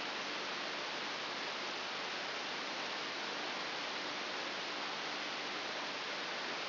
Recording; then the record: brain microelectrode recording played as sound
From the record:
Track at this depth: inside the subthalamic nucleus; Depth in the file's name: 4.402 mm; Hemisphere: right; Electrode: 3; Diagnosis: Parkinson's disease